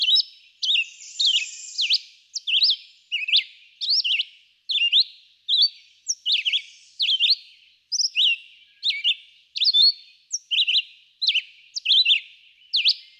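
Red-eyed vireo giving a long run of brief whistled phrases, each slightly different, separated by short silences, over a quiet background.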